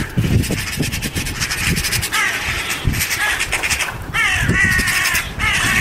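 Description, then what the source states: Western Jackdaw screaming, bursts of harsh rasping calls in groups with short gaps, low rumbling noise underneath. A hawk attacked a jackdaw, and two other jackdaws gathered around and are screaming.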